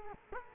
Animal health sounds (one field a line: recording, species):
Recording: mosquito wingbeat signal from an infrared sensor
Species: Culex quinquefasciatus